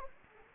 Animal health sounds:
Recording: mosquito wingbeat signal from an infrared sensor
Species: Anopheles gambiae

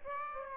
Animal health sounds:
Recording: mosquito wingbeat signal from an infrared sensor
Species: Aedes aegypti

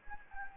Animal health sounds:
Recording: mosquito wingbeat signal from an infrared sensor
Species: Anopheles gambiae

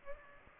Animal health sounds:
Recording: mosquito wingbeat signal from an infrared sensor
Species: Aedes aegypti

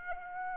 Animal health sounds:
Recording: mosquito wingbeat signal from an infrared sensor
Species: Aedes aegypti

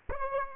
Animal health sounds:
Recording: mosquito wingbeat signal from an infrared sensor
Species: Aedes aegypti

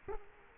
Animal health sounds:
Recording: mosquito wingbeat signal from an infrared sensor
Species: Culex quinquefasciatus

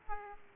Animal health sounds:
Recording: mosquito wingbeat signal from an infrared sensor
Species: Aedes aegypti

